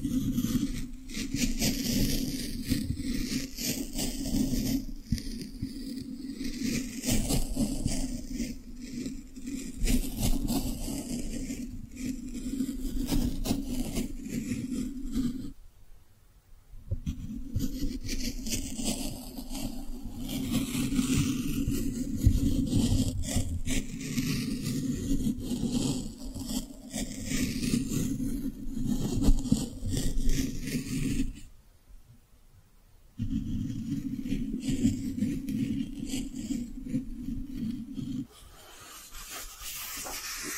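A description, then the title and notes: Steady brushing with a soft, airy hiss and a low rubbing hum beneath, sweeping in slow repeating strokes. It stops for short silences near 16 and 32 seconds, then resumes, growing quieter and thinner over the last few seconds. ASMR Your Brain is Fluffy Like Cloud Cozy Brushing, Squishy Triggers for Sleep (No Talking).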